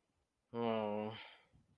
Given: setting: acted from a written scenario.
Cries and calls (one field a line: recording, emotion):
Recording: vocal sound without words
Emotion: negative surprise